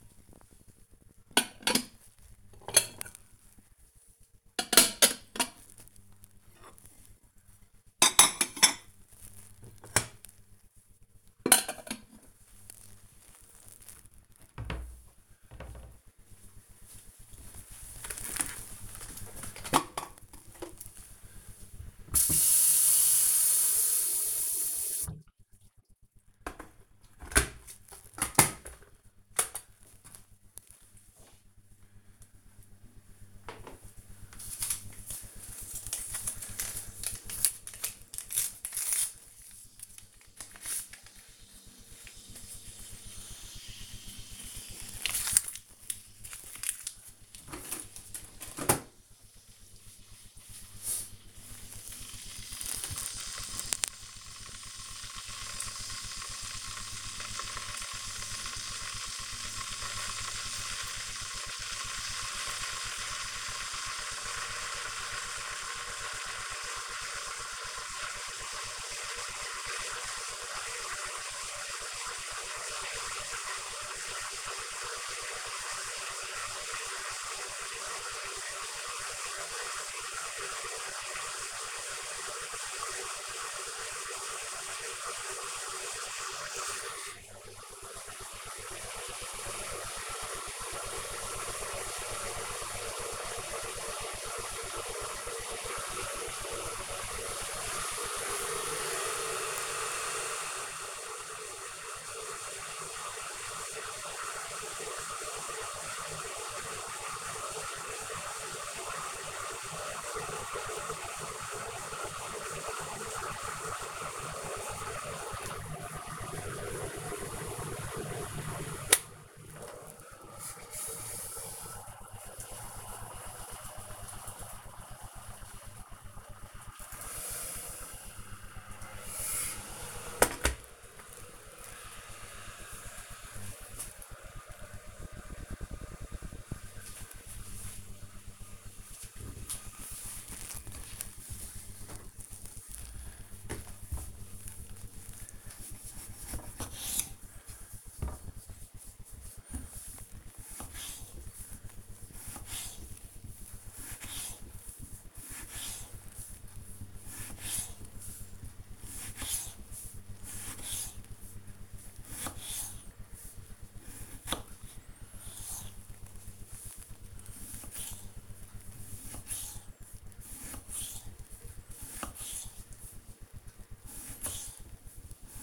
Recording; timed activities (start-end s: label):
household activities, microphone on the right wrist
0.00-14.00 s: putting away the dishes
19.04-130.89 s: making tea
140.97-175.43 s: cutting vegetables